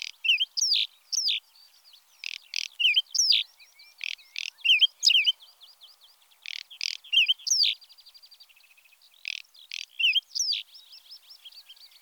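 Whinchat singing short repeated phrases of harsh scratchy notes interleaved with bright rising-falling whistles, plus thin rapid trills between some phrases.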